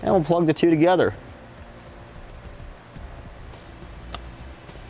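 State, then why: Seated. Someone talks briefly, then a 2018 Honda CR-V's factory tow package connector is plugged into the matching plastic connector on a Curt T-Connector trailer wiring harness amid quiet handling noise. A single sharp click at 4.1 s marks the connector seating, and it is then pulled back to check that it is secure.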